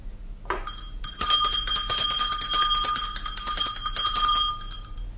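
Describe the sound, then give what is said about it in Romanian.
A small hand bell rings continuously for about four seconds, a bright, high metallic jangle of rapid repeated strikes with sustained overtones, then trails off. “Poate că nu sună destul de tare clopoțelul.”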